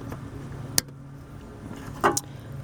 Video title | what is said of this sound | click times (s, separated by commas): How We Did A Jeep Headlight Replacement | Okay, I don't know if you heard that little click, but it went ahead and made a little click. | 0.8 s